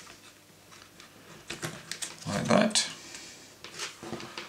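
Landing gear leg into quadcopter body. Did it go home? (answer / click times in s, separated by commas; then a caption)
no / none. Plastic landing gear legs are handled and pushed toward the sockets on the underside of a JJRC H5P toy quadcopter body, giving a slightly taller, tight slide-in fit. Someone talks while short plastic handling taps and rubbing noises are heard around 1.5, 1.9 and 4.4 seconds. Nothing has seated or clicked into place yet.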